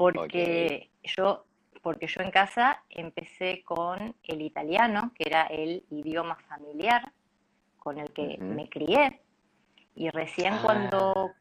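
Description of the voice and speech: An adult speaks conversational Spanish with phrase repetitions ("porque yo, porque yo", "cuando… cuando"), several stretched sounds and frequent pauses that break the flow. The speech is otherwise clear. These are disfluencies of developmental stuttering, which began in two languages and was once wrongly blamed on a fright.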